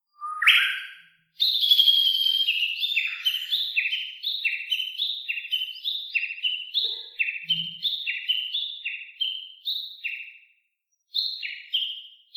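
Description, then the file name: Japanese bush warbler valley-crossing call: a rapid, ringing run of falling whistled notes, several each second, a brief pause, then resuming. Valley-crossing call (taniwatari) of the Japanese bush warbler, recorded 10 July 2015 at 07:23 in the morning. "Uguisu Taniwatari 20150710-072346"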